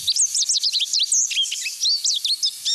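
Goldfinch twittering, a fast run of high, sweeping chirps and slurred notes.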